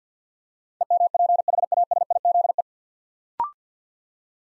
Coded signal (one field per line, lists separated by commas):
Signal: Morse code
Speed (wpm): 50 wpm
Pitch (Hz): 700 Hz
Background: none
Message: EMPHASIZE